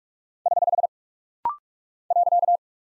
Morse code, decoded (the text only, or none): <HH> .